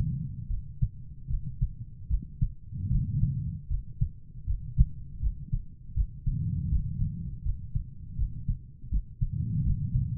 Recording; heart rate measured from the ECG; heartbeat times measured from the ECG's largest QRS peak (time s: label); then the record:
heart sounds by stethoscope; 79 bpm
0.47 s: heartbeat
1.27 s: heartbeat
2.08 s: heartbeat
2.89 s: heartbeat
3.68 s: heartbeat
4.45 s: heartbeat
5.20 s: heartbeat
5.94 s: heartbeat
6.69 s: heartbeat
7.43 s: heartbeat
8.16 s: heartbeat
8.89 s: heartbeat
9.63 s: heartbeat
From the record:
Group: healthy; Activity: rest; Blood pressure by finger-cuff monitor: 114/60 mmHg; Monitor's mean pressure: 77 mmHg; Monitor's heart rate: 78 bpm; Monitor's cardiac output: 6.8 L/min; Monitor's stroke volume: 89 mL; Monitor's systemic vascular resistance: 840 dyn s/cm5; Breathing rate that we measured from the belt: 18 breaths a minute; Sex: female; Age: 43 years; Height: 160 cm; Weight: 90 kg